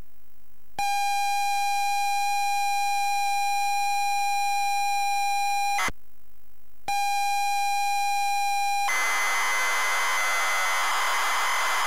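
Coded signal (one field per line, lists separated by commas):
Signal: ZX Spectrum tape loading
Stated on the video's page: ZX Spectrum tape loading of the game, loaded on a ZX Spectrum +3 with a WH Smith CPD8300 tape recorder.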